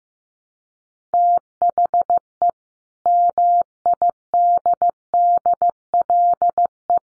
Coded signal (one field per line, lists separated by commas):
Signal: Morse code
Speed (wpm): 15 wpm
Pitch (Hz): 700 Hz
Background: none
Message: THE MIDDLE